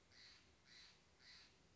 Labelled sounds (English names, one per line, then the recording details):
Steller's Jay
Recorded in Sonoma County, California